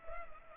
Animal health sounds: mosquito wingbeat signal from an infrared sensor; Culex pipiens

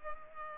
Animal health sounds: mosquito wingbeat signal from an infrared sensor; Culex pipiens

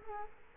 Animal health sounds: mosquito wingbeat signal from an infrared sensor; Culex quinquefasciatus

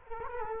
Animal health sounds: mosquito wingbeat signal from an infrared sensor; Culex quinquefasciatus

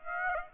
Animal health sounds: mosquito wingbeat signal from an infrared sensor; Aedes aegypti

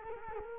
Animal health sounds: mosquito wingbeat signal from an infrared sensor; Culex quinquefasciatus

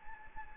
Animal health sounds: mosquito wingbeat signal from an infrared sensor; Anopheles gambiae

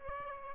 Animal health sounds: mosquito wingbeat signal from an infrared sensor; Aedes albopictus

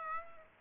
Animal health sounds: mosquito wingbeat signal from an infrared sensor; Aedes aegypti

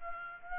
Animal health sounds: mosquito wingbeat signal from an infrared sensor; Aedes aegypti

